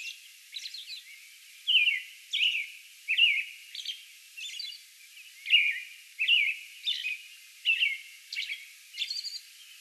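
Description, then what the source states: American robin song: rich whistled phrases repeated about once a second, alternating with higher, scratchy notes. Song bout, recorded on May 11.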